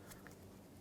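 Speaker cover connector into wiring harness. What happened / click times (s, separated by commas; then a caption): The connector is being handled but has not clicked home yet / none. The electrical connector for the speaker cover on a 2007-2013 Mitsubishi Outlander is handled as it is brought toward the wiring harness during a driver's side mirror replacement. Over a steady low hum, a brief sharp tap sounds at 0.27 s and a softer one at 0.84 s. Nothing has seated or clicked yet.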